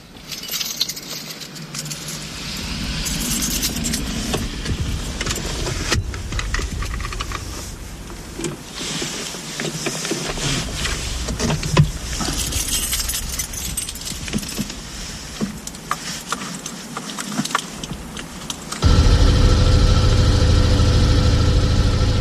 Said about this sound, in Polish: Dźwięk to dźwięk malucha, proszę Państwa. Tak, 35 maluchów i ponad 100 osób.